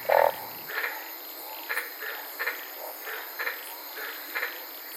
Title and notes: I was sitting in my car in the Daintree rainforest in Queensland this night and fell asleep listening to these amazing White lipped frogs.